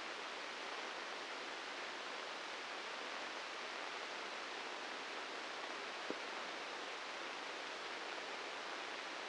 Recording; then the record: brain microelectrode recording played as sound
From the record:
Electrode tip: inside the subthalamic nucleus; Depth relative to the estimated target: -2 mm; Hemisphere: right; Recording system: NeuroSet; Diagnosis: Parkinson's disease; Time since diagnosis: 8 years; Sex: male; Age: 59 years